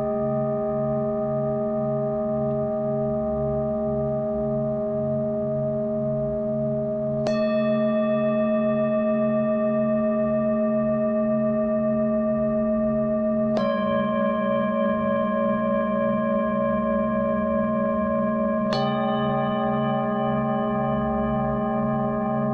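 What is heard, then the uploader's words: Tibetan singing bowls ring out in long, shimmering tones, with fresh strikes at about 7, 13.5 and 19 seconds, each adding a bright attack that slowly fades. Beneath them a low, steady, pulsing drone runs throughout, in the manner of deep kargyraa-style throat singing. Relaxing Tibetan Singing Bowls music with some kind of kargyraa-style throat singing. Tibetan Singing Bowls with some Throat singing.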